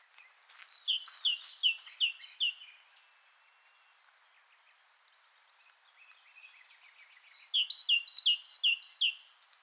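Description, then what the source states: Turkestan tit calls: a fast run of several sharp, downslurred notes, a pause with faint high twitters, then a second matching burst of notes. Great tit of the subspecies bokharensis (Turkestan tit).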